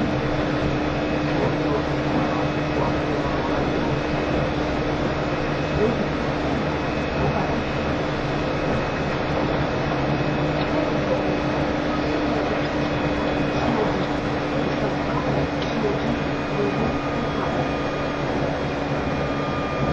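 A train runs steadily, its loud rumble holding an even level for the whole stretch with no pauses. Low droning hums sit under a dense rattling texture, and a few faint whining tones hover higher up throughout.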